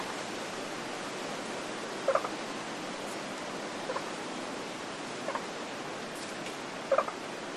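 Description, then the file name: Scarlet-sided pobblebonk giving several brief plunking notes, one every couple of seconds, over continuous wind noise. Close call recorded in spring in rainforest in Queensland, Australia, with wind in the tree canopy. "zapsplat. scarlet sided pobblebonk call close spring qld australia"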